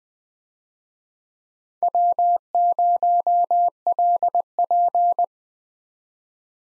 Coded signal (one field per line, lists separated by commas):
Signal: Morse code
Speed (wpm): 21 wpm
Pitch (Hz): 700 Hz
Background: none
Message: W0LP